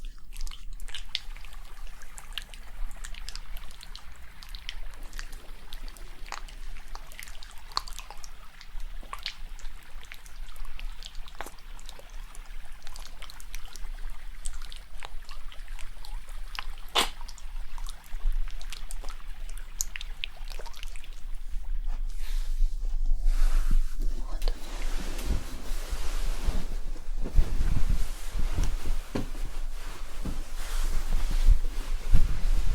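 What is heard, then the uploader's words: A scalp treatment and hair wash: for the first twenty seconds, soft scattered taps and crackles of fingers working over the scalp against a low steady hum. Then running water comes in, louder and rushing, broken by irregular dull bumps and splashes to the end. ASMR Cozy Scalp Treatment, Massage + Hair Wash for Sleep ~ personal attention roleplay.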